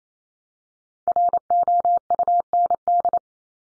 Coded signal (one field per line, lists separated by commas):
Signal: Morse code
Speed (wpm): 28 wpm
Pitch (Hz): 700 Hz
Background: none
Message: ROUND